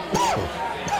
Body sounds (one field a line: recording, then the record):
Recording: coughing mixed with background sound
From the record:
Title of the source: Dry Coughing Fit in the Afternoon.